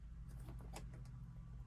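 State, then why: Not seated. An oil pressure line fitting is pushed and turned against the back of an Autometer mechanical oil pressure gauge being installed in a Thunderbird, over a steady low hum. Faint scraping and rattling is heard, with two brief sharp ticks around 0.6 and 0.8 seconds. The fitting does not lock into place, and nothing has seated or clicked yet.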